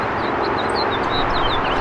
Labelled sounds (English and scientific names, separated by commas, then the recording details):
House Finch (Haemorhous mexicanus) song
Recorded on Long Island, New York, on 14 June 2012
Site CH
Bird A